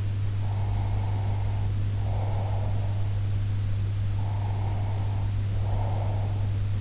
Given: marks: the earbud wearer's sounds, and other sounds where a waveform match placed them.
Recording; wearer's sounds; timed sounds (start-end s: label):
sounds in sleep by an in-ear microphone; breath
0.41-2.99 s: breath
4.21-6.50 s: breath